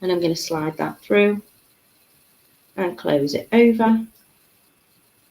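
An open metal jump ring is slid through a closed jump ring, to be twisted shut with pliers so the two ends click together, a click that means the ends are fully and perfectly closed. Someone talks in two bursts, from about 0.0 to 1.4 s and 2.8 to 4.1 s, with quiet between and after. The ring is still being handled and its ends have not clicked closed yet.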